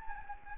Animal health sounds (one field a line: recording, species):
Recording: mosquito wingbeat signal from an infrared sensor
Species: Anopheles gambiae